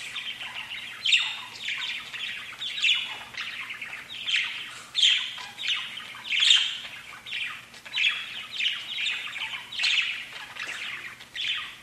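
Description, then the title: Budgerigar chatter: continuous warbling chirps and squeaky notes, with frequent sharper squawks breaking in. "Budgie Sounds"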